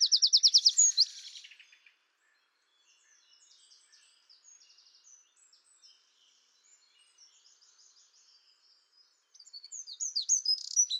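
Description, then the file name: Eurasian wren singing a loud, high rattling trill, then faint scattered twitters for several seconds, before another loud burst of fast trilled notes at the end. "Troglodytes troglodytes"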